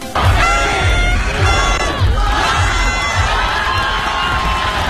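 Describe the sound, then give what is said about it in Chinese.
A huge crowd cheers and shouts nonstop at New Year fireworks after a countdown from ten to one, a loud, dense roar of voices with whoops rising above it and deep thuds pulsing steadily underneath. “很多人带着那个，真的是带着所谓的要坐在地上的褥子啊，然后排了一整夜， 真的 就为了那一刻， 哇， 就为了倒一起倒数十九八七六三二一，然后烟花播出来的那一个瞬间。”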